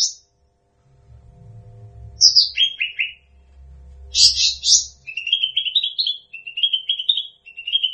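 Bird song of high buzzy notes dropping to lower chirps, then a loud high trill followed by a long run of quick twittering notes.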